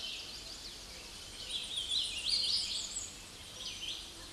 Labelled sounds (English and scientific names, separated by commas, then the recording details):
Hooded Warbler (Setophaga citrina) song
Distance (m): 100 m
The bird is about 20 m above the microphone
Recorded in a Pennsylvania forest on 16 May 2024 at 06:56
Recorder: AudioMoth, point MSD-0215
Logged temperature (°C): 16.1 °C
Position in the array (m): -44 m, 175 m